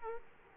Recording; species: mosquito wingbeat signal from an infrared sensor; Aedes aegypti